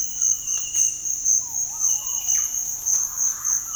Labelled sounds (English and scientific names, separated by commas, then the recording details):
Purple-throated Fruitcrow (Querula purpurata)
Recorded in dense forest near Puerto Asís, Putumayo, Colombia, on 21 February 2024 at 06:30
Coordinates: 0.484, -76.317
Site G6464